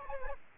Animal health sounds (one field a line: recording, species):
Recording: mosquito wingbeat signal from an infrared sensor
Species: Aedes aegypti